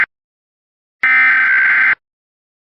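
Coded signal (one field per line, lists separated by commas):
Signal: Emergency Alert System (SAME) tones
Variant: header bursts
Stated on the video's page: Fictional EAS scenario with fake alerts made to look realistic.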